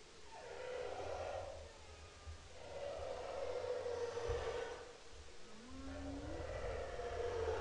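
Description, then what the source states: Humpback whale song units: drawn-out, slightly wavering tonal moans repeated about every two to three seconds, plus a short rising whoop, over steady low underwater rumble. Recorded in the Bering Strait on 5 October 2009.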